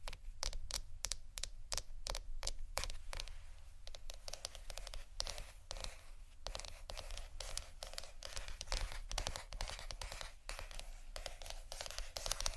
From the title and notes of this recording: Plastic, glass, rattle, tapping, scratching, waves.